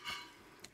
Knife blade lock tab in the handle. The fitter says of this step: is that it locks in place and you just got to push this little tab down here to unlock the blade